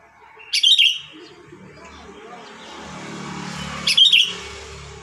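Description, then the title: Sooty-headed bulbul singing two brief, fluty, bubbling phrases about three seconds apart, with a low engine hum rising between them. "Kutilang"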